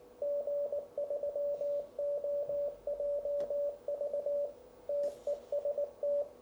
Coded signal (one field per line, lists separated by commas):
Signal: Morse code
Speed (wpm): 19 wpm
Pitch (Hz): 580 Hz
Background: radio noise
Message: G3OJV TEST